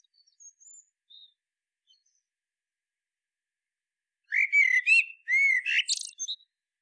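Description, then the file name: Common blackbird song: faint thin high notes first, then loud mellow whistles followed by a scratchy, squeaky high twitter at the end. "Turdus merula"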